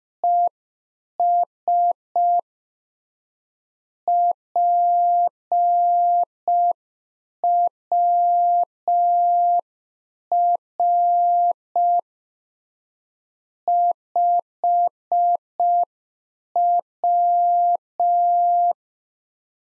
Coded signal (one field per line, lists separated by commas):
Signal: Morse code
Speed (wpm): 5 wpm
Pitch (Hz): 700 Hz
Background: none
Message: ES PWR 5W